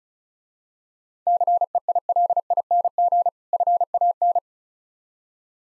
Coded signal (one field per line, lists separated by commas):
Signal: Morse code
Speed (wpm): 36 wpm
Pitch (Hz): 700 Hz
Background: none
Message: CEILING FAN